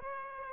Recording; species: mosquito wingbeat signal from an infrared sensor; Aedes aegypti